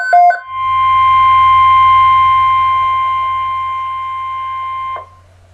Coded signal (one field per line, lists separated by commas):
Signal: Emergency Alert System (SAME) tones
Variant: 1050 Hz attention tone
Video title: Tornado Watch #501 - EAS #512